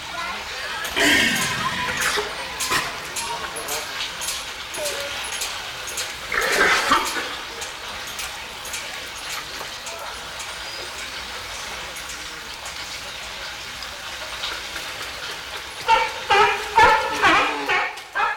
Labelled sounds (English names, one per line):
California Sea Lion